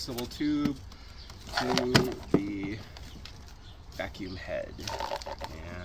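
A flexible plastic vacuum tube for a Black + Decker BEBL7000 leaf blower, vacuum and mulcher is handled and pushed toward the leaf vacuum head while someone talks, with soft plastic rustles and a few small knocks. Nothing has clicked or seated yet.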